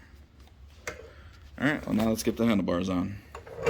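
The folding clamp lever latch on a ONEBOT S6L foldable e-bike frame/stem is opened by pressing the latch button down and pulling the clamp lever out. It releases with a click at 0.9 s, and the latch comes open. Someone then talks.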